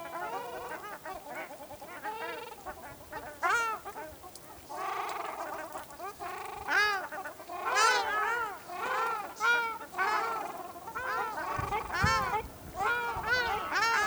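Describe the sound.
Ruddy shelducks calling together, a dense chorus of nasal, trumpeting honks overlapping continuously from several birds, busy throughout.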